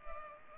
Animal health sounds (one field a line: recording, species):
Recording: mosquito wingbeat signal from an infrared sensor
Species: Culex pipiens